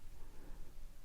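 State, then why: Not seated. The scissors of a metal Leatherman FREE P4 multitool are worked by hand, heard as faint, low handling rustle with steady background rumble and no sharp transients. The scissors are not spring-loaded until they click into the handle, and nothing has clicked or seated yet.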